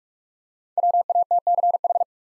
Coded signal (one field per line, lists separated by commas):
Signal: Morse code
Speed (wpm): 46 wpm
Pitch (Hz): 700 Hz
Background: none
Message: WATCH